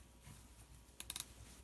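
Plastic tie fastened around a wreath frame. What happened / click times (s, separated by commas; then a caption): The plastic tie ratchets shut and locks / 1.0 s, 1.1 s, 1.2 s. A plastic tie, a ratcheting twist tie, is threaded through the bottom of a wreath frame, brought around, and its end is snapped into its lock before being pulled tighter. A short burst of sharp ratchet-like clicks sounds at 1.0, 1.1 and 1.2 seconds over a quiet background. The tie is seated and fastened around the frame.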